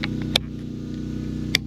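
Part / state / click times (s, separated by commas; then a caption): swivel caster wheel lock on a folding beach cart / seated / 0.4 s, 1.5 s. The swivel caster wheel lock on the 360-degree swivel front wheels of a KEDSUM folding beach cart is operated against a steady low-pitched hum, with a couple of faint ticks at the start. Sharp clicks ring out at 0.4 s and 1.6 s as the lock engages and seats in place, showing that it locks and unlocks easily.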